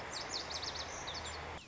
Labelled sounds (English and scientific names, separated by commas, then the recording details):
Lazuli Bunting (Passerina amoena)
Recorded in Sonoma County, California